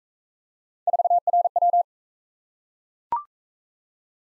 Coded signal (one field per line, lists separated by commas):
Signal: Morse code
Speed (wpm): 41 wpm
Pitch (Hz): 700 Hz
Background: none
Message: 4RW